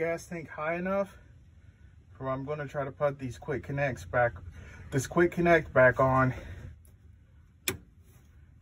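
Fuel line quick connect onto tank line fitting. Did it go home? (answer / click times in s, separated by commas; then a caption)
yes / 7.7 s. Someone talks while reinstalling the fuel pump on a 2005 Dodge Durango 5.7 L Hemi, then pushes the plastic fuel line quick connect back onto the tank line fitting under the tank. A single sharp click at 7.7 s marks the quick connect snapping on and seating.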